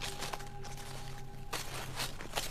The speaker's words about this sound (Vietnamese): Nó lắng nghe tiếng bước chân của mình trên nền lá mà rùng mình.